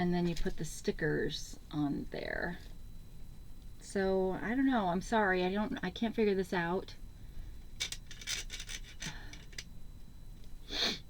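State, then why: Partly seated. Someone talks while trying to fit the plastic end piece of a retractable drawer divider onto the divider, with short plastic clicks and taps at about 7.8 s and 9.6 s. The piece sort of catches but does not snap into place, and the product is judged to be junk.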